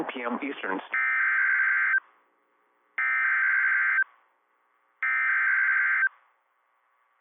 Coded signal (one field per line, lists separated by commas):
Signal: Emergency Alert System (SAME) tones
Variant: header bursts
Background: speech